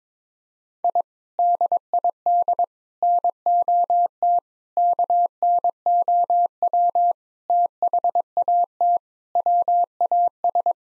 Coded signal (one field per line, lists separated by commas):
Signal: Morse code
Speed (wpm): 22 wpm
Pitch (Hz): 700 Hz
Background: none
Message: I DID NOT KNOW THAT WAS